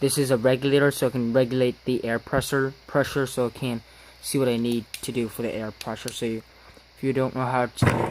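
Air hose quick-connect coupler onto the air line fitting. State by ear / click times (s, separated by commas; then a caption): not seated / none. Someone talks while handling an air hose quick-connect coupler being brought to the air line fitting, near an air pressure regulator. The coupler has not yet been pushed back onto the fitting, so nothing has seated or clicked yet.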